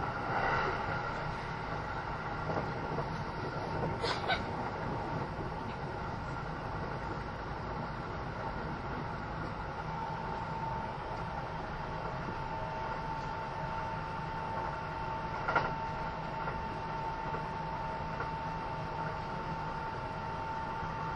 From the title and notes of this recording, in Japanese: 近鉄80000系 (10番台日立製)ひのとり3113レ 01/01:近鉄名古屋～五十鈴川。Vehicles in the 10th series are equipped with Hitachi equipment in the control device and traction motor.